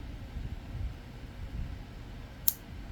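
The hammer of a Beretta 3032 Tomcat pistol is drawn back over a faint low background hum and latches at half-cock with a single sharp, bright click at 2.5 s. The hammer is confirmed seated in the half-cock notch.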